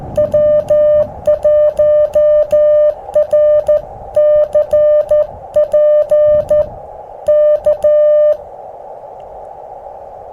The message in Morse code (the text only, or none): W1RCP K